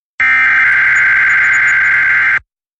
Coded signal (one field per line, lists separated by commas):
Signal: Emergency Alert System (SAME) tones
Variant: header bursts